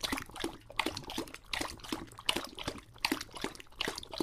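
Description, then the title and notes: English Bulldog slurping water in splashy laps, a little more than one each second. English Bulldog named Lucho, drinking water from a bowl after a long walk, heavily breathing and out of breath between drinks. "English Bulldog Drinks from Water Bowl - Weird Sounds. listen to Lucho the English Bulldog as he tries to drink water after a long walk. Don't let his heavy breathing fool you in between drinks, he's equally out of breath from the walk"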